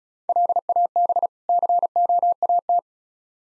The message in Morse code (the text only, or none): LAB COAT